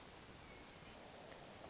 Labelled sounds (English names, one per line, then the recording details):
Hermit Thrush
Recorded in Sonoma County, California